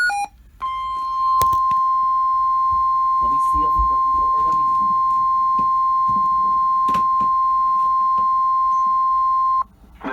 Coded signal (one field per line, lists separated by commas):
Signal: Emergency Alert System (SAME) tones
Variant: 1050 Hz attention tone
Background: speech